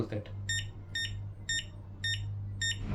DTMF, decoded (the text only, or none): none